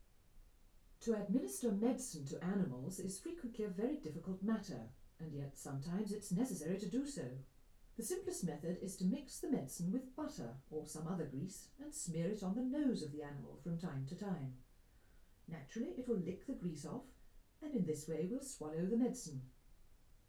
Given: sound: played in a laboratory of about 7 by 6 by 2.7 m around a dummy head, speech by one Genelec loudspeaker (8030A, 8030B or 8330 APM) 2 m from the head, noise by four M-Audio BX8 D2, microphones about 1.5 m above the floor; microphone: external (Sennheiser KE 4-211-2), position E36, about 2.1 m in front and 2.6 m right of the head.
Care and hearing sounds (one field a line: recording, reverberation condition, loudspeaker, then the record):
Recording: female speech in English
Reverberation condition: low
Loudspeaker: 30 degrees to the right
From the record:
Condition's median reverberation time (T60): about 310 ms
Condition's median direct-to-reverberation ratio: about 3.5 dB